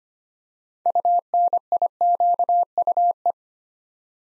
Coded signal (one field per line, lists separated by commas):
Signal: Morse code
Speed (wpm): 25 wpm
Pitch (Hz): 700 Hz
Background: none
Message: UNIQUE